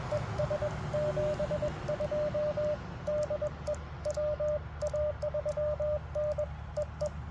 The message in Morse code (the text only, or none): ES 72 DE WA3N EE